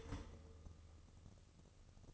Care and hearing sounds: daily activity, microphone in the room; start toaster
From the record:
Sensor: 4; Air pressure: 1007.8 hPa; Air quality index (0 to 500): 104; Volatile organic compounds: 1 ppm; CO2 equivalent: 770 ppm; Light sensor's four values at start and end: 9/20/8/8 and 9/20/8/8

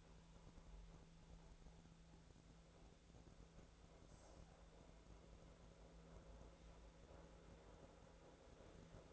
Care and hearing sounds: daily activity, microphone in the room; make coffee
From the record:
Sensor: 3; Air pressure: 1009.4 hPa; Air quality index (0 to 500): 197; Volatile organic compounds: 16 ppm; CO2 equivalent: 2561 ppm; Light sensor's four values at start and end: 32/81/34/37 and 33/82/35/37

